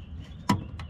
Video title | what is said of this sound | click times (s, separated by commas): MONTARE I LED SU UNA DACIA - DA PROVARE! PIU' POTENZA E AFFIDABILITA' | the bulb is unlocked so there are no various hooks to remove like in other cars | 0.5 s